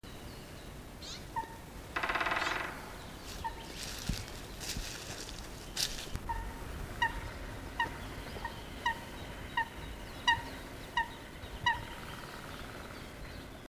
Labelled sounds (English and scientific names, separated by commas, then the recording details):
Eurasian Coot (Fulica atra) call, Eurasian Nuthatch (Sitta europaea)
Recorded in the wild
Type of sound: call
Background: Picoides major, Sitta europaea
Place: Mühlenbecker Wald, Brandenburg, DE
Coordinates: 52.6833, 13.4
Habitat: Wald
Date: 1987-04-19 11:40
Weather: sonnig, 15°C
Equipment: Nagra SN, Kopie Tesla B 116
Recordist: Tembrock, Günter
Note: 16:06 - 16:56 min)